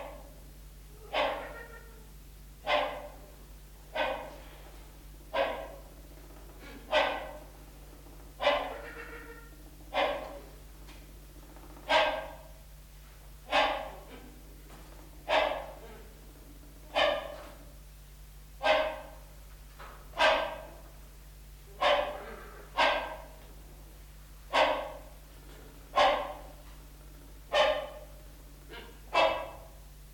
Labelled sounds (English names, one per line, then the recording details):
Rhinoceros Hornbill call
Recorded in captivity
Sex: male
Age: adult
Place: Zoo Berlin, Berlin, DE
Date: 1995-04-01 11:36
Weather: bedeckt - heiter, 6 - 8°C, böiger Wind
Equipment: Marantz CP 430, Sennheiser ME 80, Kopie Uher Variocord 263
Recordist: Tembrock, Günter